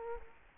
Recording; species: mosquito wingbeat signal from an infrared sensor; Culex quinquefasciatus